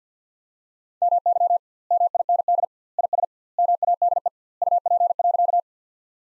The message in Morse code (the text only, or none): MY MIND IS MADE UP.